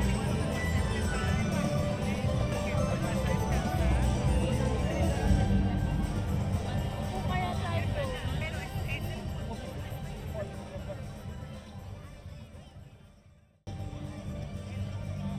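Main Street Electrical Parade crowd noise: dense chatter and a heavy low rumble, fading gradually before a sudden brief silence near fourteen seconds.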